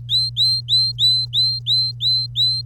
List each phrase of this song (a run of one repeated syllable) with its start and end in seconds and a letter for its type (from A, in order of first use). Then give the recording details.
0.09-2.61 A. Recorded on 25 April 2018 at 07:45. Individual llb3